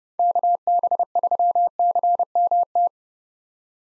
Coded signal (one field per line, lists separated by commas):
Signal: Morse code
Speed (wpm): 30 wpm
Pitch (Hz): 700 Hz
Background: none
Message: KB3CMT